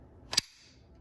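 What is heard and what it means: An AK-style rifle magazine is rocked into the magazine well front lip first, then back until the magazine release catch clicks. Two sharp metallic clicks land at 0.3 s and 0.4 s, the second louder, with a brief bright ring trailing off afterward. The magazine is seated.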